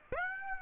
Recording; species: mosquito wingbeat signal from an infrared sensor; Aedes aegypti